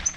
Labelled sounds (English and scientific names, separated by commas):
Yellow-rumped Warbler (Setophaga coronata) flight call